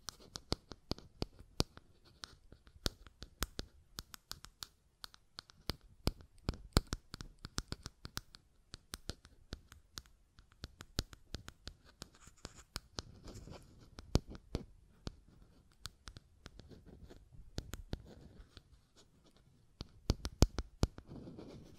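Buttons click and tap in rapid, irregular bursts, each a sharp, dry tick reaching into the high end. The taps come densely throughout, sometimes in quick clusters, with brief scratchy rubbing and low thumps surfacing between them, especially after the midpoint.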